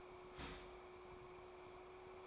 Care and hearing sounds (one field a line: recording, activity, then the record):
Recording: daily activity, microphone in the room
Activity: start toaster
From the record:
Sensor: 1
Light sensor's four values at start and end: 5/13/4/5 and 5/13/4/5